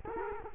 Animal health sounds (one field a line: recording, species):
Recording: mosquito wingbeat signal from an infrared sensor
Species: Culex quinquefasciatus